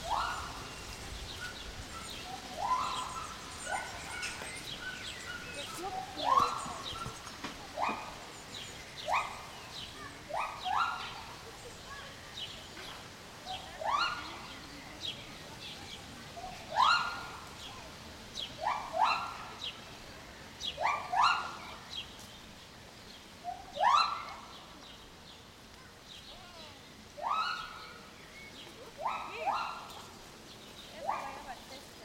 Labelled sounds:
Lar Gibbon (Hylobates lar)
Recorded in captivity
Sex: pair
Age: adult
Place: Zoo Berlin, Berlin, DE
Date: 1992-06-06 10:36
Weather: sonnig, 24-28° C
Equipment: Nagra SN, Mikrofon AKG CK 8, Kopie Tesla B 116
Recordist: Tembrock, Günter

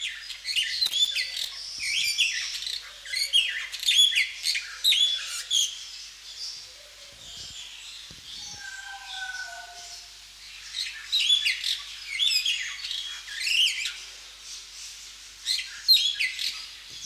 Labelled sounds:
Superb Starling (Lamprotornis superbus) song
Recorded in captivity
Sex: male
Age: adult
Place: Zoo Berlin, Berlin, DE
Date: 1998-12-22 14:30
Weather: overcast, 0°C
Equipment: Sony MD-WM MZ-R3, Sennheiser MKH 416 T, Kopie Uher 4000 Report Monitor
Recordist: Tembrock, Günter

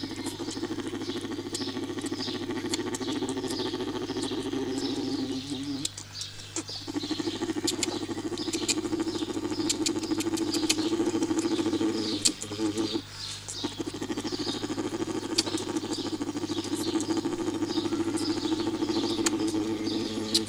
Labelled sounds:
Polar Bear (Ursus maritimus)
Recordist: Tembrock, Günter

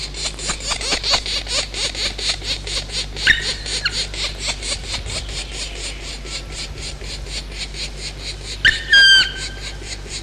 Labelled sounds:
Black Woodpecker (Dryocopus martius)
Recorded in the wild
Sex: diverse
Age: diverse
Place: Dürrbach, Sachsen, DE
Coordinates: 51.3583, 14.6164
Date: 1957-05-01
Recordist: Meyer, Hugo

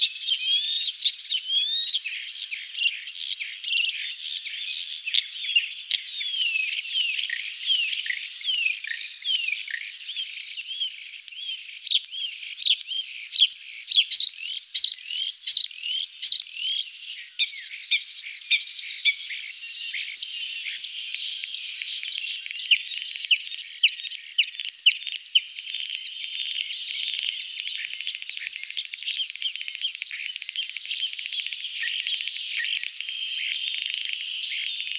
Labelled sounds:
European Starling (Sturnus vulgaris) song
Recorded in the wild
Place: Waltershofen / Freiburg im Breisgau, Baden-Württemberg, DE
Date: 2008-04-13
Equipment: MiniDisc Sharp MT 20 H
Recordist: Schwarz, Dieter
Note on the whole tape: Song

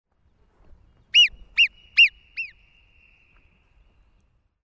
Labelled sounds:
Alpine Marmot (Marmota marmota)
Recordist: Frommolt, Karl-Heinz
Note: Warnrufe

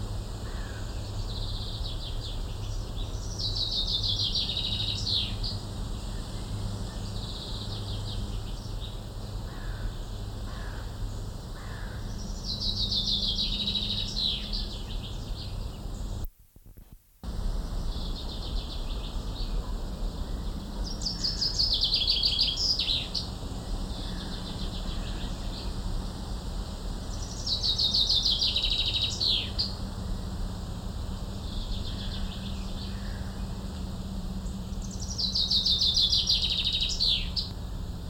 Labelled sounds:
Common Chaffinch (Fringilla coelebs)
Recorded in the wild
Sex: male
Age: adult
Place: Caputh, Brandenburg, DE
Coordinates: 52.35, 13
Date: 1995-07-01 13:55
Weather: sonnig, 18-24°C
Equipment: Sony WM-D6C, Sennheiser ME 80, Kopie Uher 4000 Report Monitor
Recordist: Tembrock, Günter
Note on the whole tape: Am Einstein-Haus: Gesang - 2 Exemplare

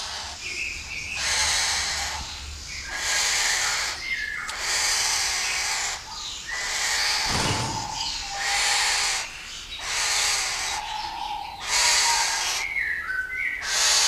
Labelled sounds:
White-eared Catbird (Ailuroedus buccoides) call
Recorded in captivity
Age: adult
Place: Zoo Berlin, Berlin, DE
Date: 2001-11-15 15:08
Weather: cloudy, 4°C
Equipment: Marantz CP 130, Sennheiser MKH 416, Kopie Uher 4000 Report Monitor
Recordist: Tembrock, Günter

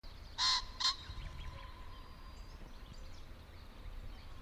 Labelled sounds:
Common Pheasant (Phasianus colchicus) call
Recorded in the wild
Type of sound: call
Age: adult
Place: Hobrechtsfelder Rieselfelder, Naturpark Barnim, Berlin, DE
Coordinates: 52.6669, 13.4714
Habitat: grassland
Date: 2008-04-27
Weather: wolkenlos, windstill, ca. 10°C
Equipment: Sound Devices 702, Sennheiser MKH 70, Windkorb
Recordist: Frommolt, Karl-Heinz
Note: Am großen Reinigungsteich im Ruderalbereich: Rufe eines Fasanes. Tier nicht gesehen. 100 m

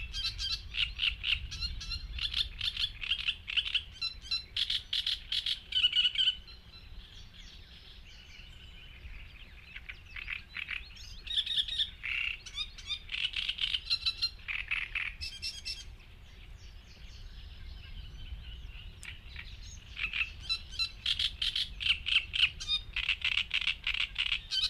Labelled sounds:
Great Reed Warbler (Acrocephalus arundinaceus) song
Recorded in the wild
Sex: male
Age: adult
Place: Hobrechtsfelder Rieselfelder, Naturpark Barnim, Berlin, DE
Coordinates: 52.6686, 13.4692
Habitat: wetland
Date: 2013-05-19
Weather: sunny, windless, 15°C
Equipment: Sound Devices 702, Sennheiser MKH 70, Rycote Windschutz
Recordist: Frommolt, Karl-Heinz
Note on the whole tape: Große Rieselteiche: Gesang eines Drosselrohrsängers. Entfernung 10 m

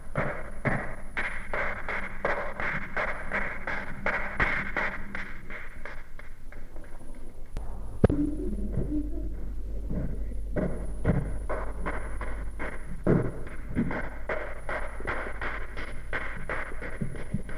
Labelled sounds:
Chimpanzee (Pan troglodytes)
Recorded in captivity
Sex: female
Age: adult
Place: Tierpark Berlin, Berlin, DE
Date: 1961-01-11
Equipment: Smaragd
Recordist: Korde and Stein

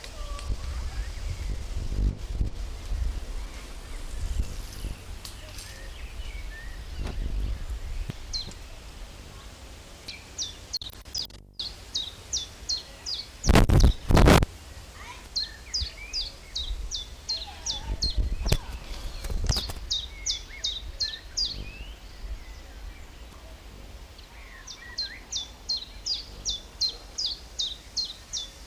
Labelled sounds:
Common Chiffchaff (Phylloscopus collybita)
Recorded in the wild
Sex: male
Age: adult
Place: Lübars (Fließtal), Berlin, DE
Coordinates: 52.6175, 13.3625
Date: 1998-05-23 18:18
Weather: cloudy, 15°C
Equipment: Sony MD-WM MZ-R3, Sennheiser MKH 416 T, Kopie Uher 4000 Report Monitor
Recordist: Tembrock, Günter

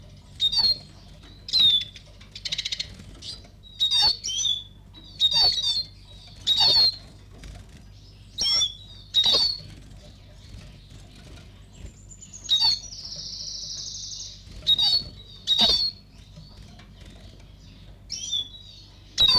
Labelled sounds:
Eurasian Siskin (Spinus spinus) call
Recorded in captivity
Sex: diverse
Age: adult
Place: Zoologisches Institut Universität Tübingen, Baden-Württemberg, DE
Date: 1958-05-05
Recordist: TSA

